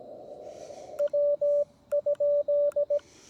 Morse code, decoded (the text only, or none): W?